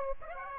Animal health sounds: mosquito wingbeat signal from an infrared sensor; Aedes aegypti

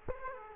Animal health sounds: mosquito wingbeat signal from an infrared sensor; Aedes aegypti

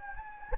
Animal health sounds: mosquito wingbeat signal from an infrared sensor; Anopheles gambiae

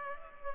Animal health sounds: mosquito wingbeat signal from an infrared sensor; Culex pipiens

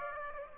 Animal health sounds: mosquito wingbeat signal from an infrared sensor; Aedes aegypti

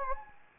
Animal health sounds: mosquito wingbeat signal from an infrared sensor; Anopheles gambiae

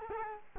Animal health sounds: mosquito wingbeat signal from an infrared sensor; Culex quinquefasciatus

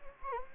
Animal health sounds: mosquito wingbeat signal from an infrared sensor; Anopheles gambiae

